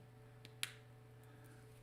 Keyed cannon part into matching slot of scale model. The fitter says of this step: locks in that's why there's no glue needed